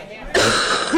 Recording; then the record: coughing mixed with background sound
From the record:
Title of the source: female coughing - coughing sound effects girl